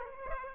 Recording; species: mosquito wingbeat signal from an infrared sensor; Aedes aegypti